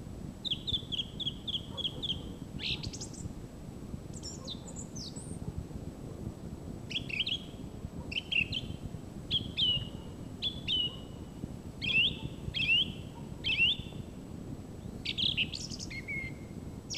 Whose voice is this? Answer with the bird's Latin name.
Turdus philomelos